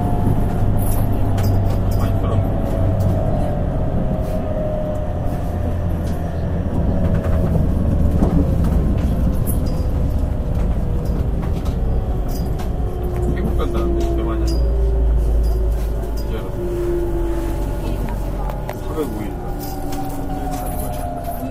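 Running sound of a Nankai 50000 series electric train, heard as a steady, dense low rumble throughout. Motor tones rise and fall in pitch across the clip, with a faint voice now and then over the constant noise.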